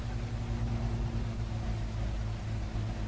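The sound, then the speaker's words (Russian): A car engine hums steadily while the vehicle drives, a low droning rumble with a faint hiss of road noise. It holds an even, moderate level throughout, with no voices. “Остановите, пожалуйста, машину.”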